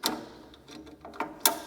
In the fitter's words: pull upwards and it clicks into place so the handle is now attached to the